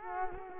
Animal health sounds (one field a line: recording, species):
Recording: mosquito wingbeat signal from an infrared sensor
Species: Culex quinquefasciatus